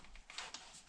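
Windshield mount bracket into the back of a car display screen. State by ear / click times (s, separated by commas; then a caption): not seated / none. A windshield mounting bracket for a car display tablet is handled and pushed toward its slot on the back of the screen, giving a few light taps and scrapes with sharper ticks around 0.3 s, 0.4 s and 0.5 s. Nothing has seated or clicked yet; the bracket is not home by the end of the clip.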